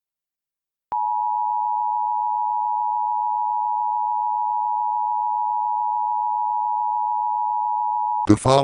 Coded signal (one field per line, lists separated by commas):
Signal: Emergency Alert System (SAME) tones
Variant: 853 and 960 Hz attention tone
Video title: EAS Comedy: Stick Attack